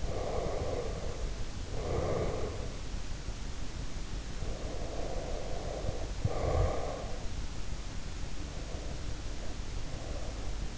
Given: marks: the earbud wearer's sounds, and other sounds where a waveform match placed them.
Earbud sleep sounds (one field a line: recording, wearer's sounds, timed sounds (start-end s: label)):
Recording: sounds in sleep by an in-ear microphone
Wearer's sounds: breath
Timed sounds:
0.00-2.85 s: breath
4.09-7.40 s: breath
8.64-10.78 s: breath